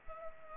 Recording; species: mosquito wingbeat signal from an infrared sensor; Culex pipiens